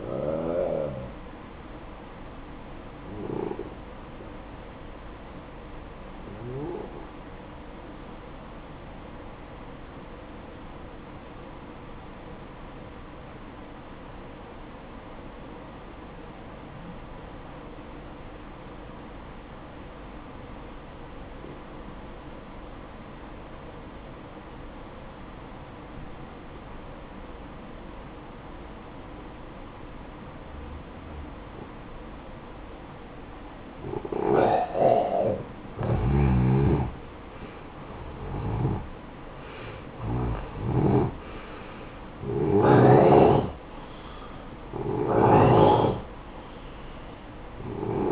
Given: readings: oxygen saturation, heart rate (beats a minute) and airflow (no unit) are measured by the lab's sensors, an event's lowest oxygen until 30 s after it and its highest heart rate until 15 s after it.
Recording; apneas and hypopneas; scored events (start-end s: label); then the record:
breathing in sleep by a voice recorder at the bedside; 1
10.00-36.40 s: obstructive apnea (N1, oxygen 94% highest, then 86% lowest, heart rate 55 at the start, 66 highest)
16.00-46.00 s: new sleep stage, N2 (light sleep)
46.00-48.12 s: new sleep stage, N1 (lightest sleep)
From the record:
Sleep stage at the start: N1 (lightest sleep); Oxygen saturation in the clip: 86 to 94%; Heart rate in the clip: 52 to 66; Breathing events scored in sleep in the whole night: 573 in 9.8 hours asleep